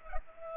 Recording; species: mosquito wingbeat signal from an infrared sensor; Culex pipiens